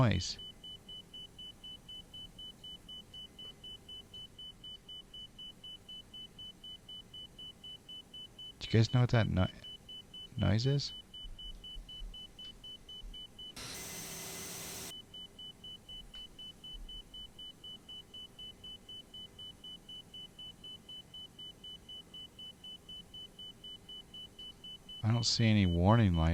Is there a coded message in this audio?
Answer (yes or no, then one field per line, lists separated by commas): no